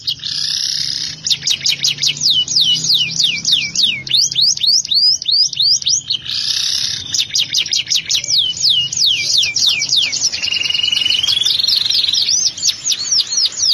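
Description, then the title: Canary song with dense high trills and repeated sweeping whistles, including a smoother rising phrase near the end, delivered almost without pause. "Kenari"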